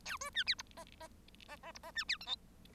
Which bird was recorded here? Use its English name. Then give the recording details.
Bengalese Finch. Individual Bird1